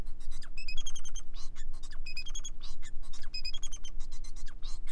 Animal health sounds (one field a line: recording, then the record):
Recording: song of a male Bengalese finch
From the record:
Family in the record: son of father 4